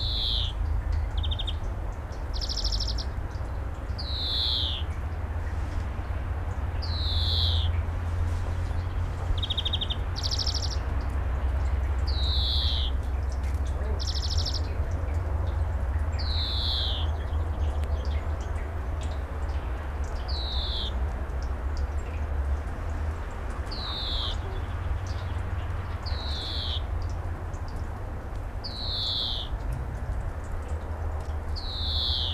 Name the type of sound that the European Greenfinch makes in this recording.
song